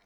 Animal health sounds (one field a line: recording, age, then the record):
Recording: pig call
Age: piglet (1 to 25 days)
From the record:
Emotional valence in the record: positive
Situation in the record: short reunion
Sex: female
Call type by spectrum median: low-frequency call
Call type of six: low-frequency tonal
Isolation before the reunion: 3 minutes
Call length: 0.06 s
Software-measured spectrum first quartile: 561 Hz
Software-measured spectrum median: 1518 Hz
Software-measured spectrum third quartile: 3052 Hz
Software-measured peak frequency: 684 Hz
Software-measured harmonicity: -2.2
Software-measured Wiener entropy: -0.78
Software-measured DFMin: 542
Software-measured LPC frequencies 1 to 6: 714, 1516, 2153, 4128, 5211, 7601 Hz